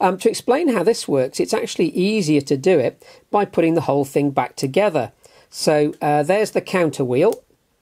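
Someone talks while starting to reassemble a brown Clenil Modulite asthma dose inhaler, handling the small plastic counter wheel that goes into the inhaler's dose-counter housing. Only speech with brief pauses is heard, and nothing has seated or clicked yet.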